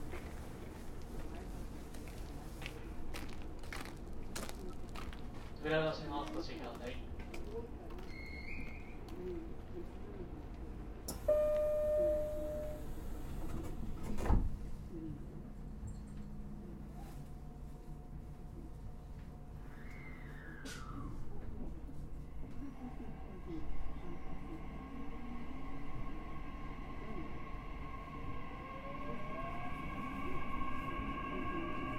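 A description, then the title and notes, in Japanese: Running sound of a 9000 series express train on the Tenjin-Ōmuta line: a steady low rumble throughout, with scattered clicks and knocks early on and a harsh burst around 11 seconds. From about 20 seconds, a motor whine slides upward and settles into steady tones. 西鉄 9000系 薬院から二日市まで（後編 春日原から）。西日本鉄道 9000系電車の走行音です。天神大牟田線の急行電車で録音しました。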